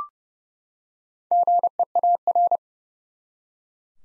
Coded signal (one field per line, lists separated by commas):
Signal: Morse code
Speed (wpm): 30 wpm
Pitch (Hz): 700 Hz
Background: none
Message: GEAR